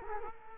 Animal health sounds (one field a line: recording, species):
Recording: mosquito wingbeat signal from an infrared sensor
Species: Culex quinquefasciatus